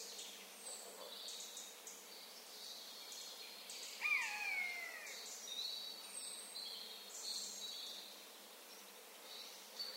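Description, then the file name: Eurasian jay giving a single drawn-out mewing call that slides downward, with thin high songbird twittering and chirps running throughout. "Garrulus glandarius"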